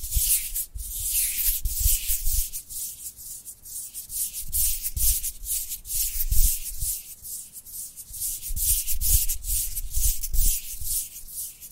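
Dry hands rub together in quick, repeated strokes, a hissing, papery friction that is bright and airy. The strokes come in a steady back-and-forth rhythm, roughly three or four per second, each with a soft low thump underneath, continuing without pause.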